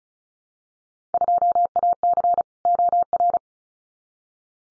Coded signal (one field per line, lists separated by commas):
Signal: Morse code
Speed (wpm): 36 wpm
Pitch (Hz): 700 Hz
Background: none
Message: 2AC OR